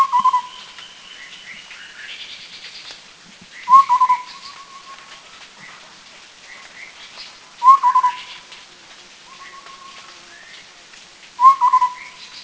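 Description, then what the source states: White-browed scimitar babbler calling in hollow mellow whistles, a short doubled phrase with a trailing note roughly every four seconds, other birds chirping faintly behind. Recorded in Thailand.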